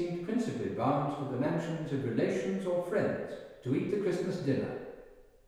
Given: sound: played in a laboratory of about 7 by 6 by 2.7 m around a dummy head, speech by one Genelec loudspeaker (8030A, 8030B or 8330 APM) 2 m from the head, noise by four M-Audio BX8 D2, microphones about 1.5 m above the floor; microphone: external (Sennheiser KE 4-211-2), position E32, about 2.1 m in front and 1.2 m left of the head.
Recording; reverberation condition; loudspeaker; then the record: male speech in English; high; 90 degrees to the right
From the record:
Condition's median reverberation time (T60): about 1300 ms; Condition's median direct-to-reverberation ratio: about -4.0 dB